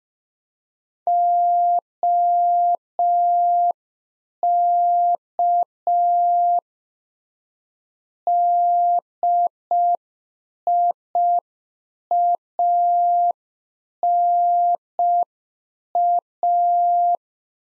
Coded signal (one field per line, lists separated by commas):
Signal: Morse code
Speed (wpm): 5 wpm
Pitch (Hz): 700 Hz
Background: none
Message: OK DIANA